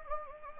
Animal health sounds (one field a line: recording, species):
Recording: mosquito wingbeat signal from an infrared sensor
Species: Anopheles gambiae